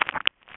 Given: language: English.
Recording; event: throat vibration sensor signal played as sound; swallow